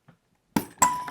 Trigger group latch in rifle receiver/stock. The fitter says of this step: down on it until you hear there you go until you hear it pop and then it should come out nice and easy so